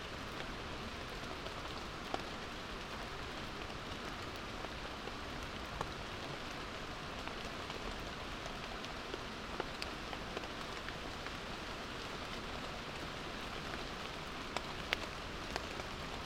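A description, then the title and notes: Steady rain falls through woodland, a dense, even hiss of drops on leaf litter and ivy close to the ground. Brighter individual drips tap out irregularly, a few landing louder, around two, ten and fifteen seconds. Rain falls on steep craggy woodland. Fresh woodland rain, from Miller's Dale in Derbyshire. Low on the forest floor, amidst the leaf litter, and the tangled ivy. We'd tied the Lento box to the broad base of a tree to capture the sound-scene of this place.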